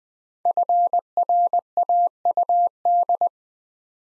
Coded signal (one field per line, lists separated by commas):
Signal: Morse code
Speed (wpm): 20 wpm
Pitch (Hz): 700 Hz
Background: none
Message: FRAUD